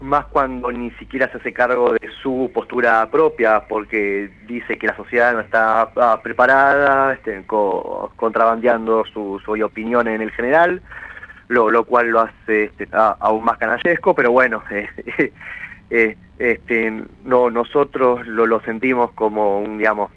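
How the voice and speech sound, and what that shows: An adult man speaks Spanish over a narrow radio phone line at a steady pace, with stretched vowels, several half-second holds, and whole-word repetitions such as "su, su" and "lo, lo". These mild disfluencies fit stuttering, which he has.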